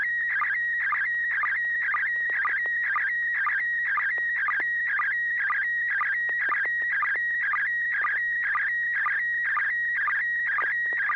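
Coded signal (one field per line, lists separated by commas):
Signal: SSTV (slow-scan television)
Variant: PD120 mode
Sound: steady whistle near 1.9 kHz broken twice a second by warbling chirps and low blips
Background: low mains hum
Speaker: Yeah, I think so. This will be PD 120, and here we go, N6DVM.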